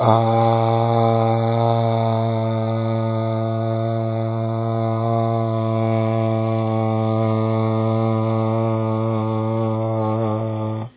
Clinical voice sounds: sustained vowel /a/; male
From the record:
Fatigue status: fatigue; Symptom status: symptomatic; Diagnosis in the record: COVID-19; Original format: 3gp

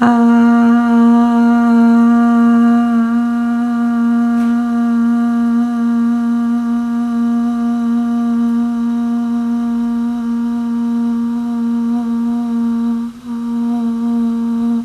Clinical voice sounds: sustained vowel /a/; female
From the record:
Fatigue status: no fatigue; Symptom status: asymptomatic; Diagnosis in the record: COVID-19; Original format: m4a

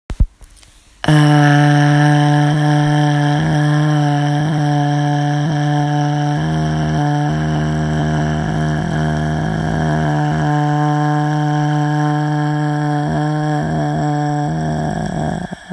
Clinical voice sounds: sustained vowel /a/; female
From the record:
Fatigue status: fatigue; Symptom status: symptomatic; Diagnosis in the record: COVID-19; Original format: m4a

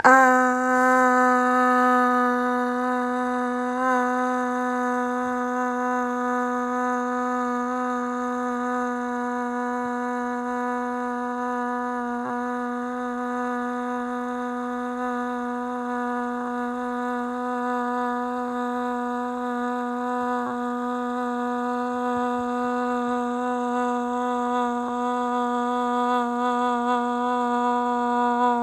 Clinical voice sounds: sustained vowel /a/; female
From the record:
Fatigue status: no fatigue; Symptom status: asymptomatic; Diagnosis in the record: COVID-19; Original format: m4a

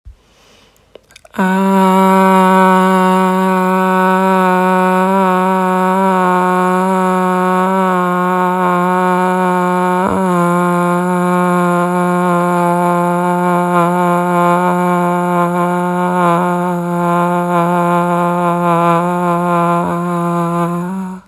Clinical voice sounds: sustained vowel /a/; female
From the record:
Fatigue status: no fatigue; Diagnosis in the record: COVID-19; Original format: m4a

